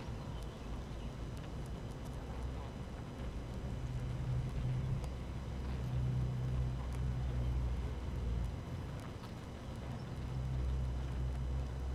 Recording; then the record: honeybee colony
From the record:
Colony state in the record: active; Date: 12 June 2018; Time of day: 6:31